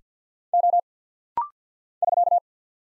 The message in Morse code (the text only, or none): O <SK>